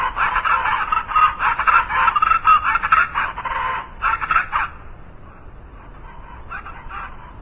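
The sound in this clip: Chachalaca calling in a loud, raucous rapid series of harsh notes for several seconds, then fading to quieter scattered calls.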